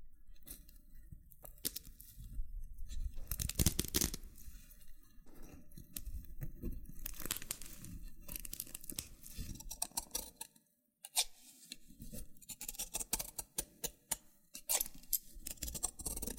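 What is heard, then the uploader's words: Crisp loofah scratching and peeling with sharp crackles and pops in irregular bursts, a brief silent pause near ten seconds. ASMR Oddly Satisfying Loofah Triggers with Intense Peeling & Popping Sounds (No Talking).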